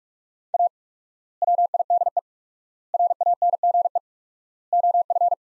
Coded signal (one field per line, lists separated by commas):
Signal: Morse code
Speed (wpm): 41 wpm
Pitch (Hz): 700 Hz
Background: none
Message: A WIDE RANGE OF